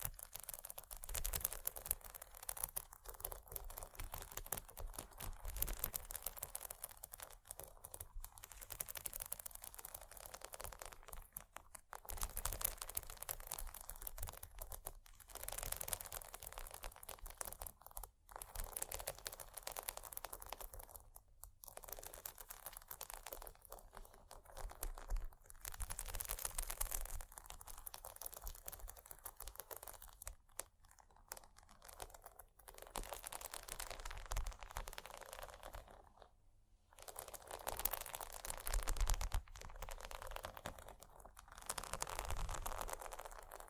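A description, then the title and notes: Textured items scratch and scrape against each other almost continuously, a bright, dense rasping with a crinkly, papery edge. The rubbing comes in bursts of a few seconds separated by brief pauses, fairly loud. ASMR Bumpy Textured Items Scratching（No Talking）.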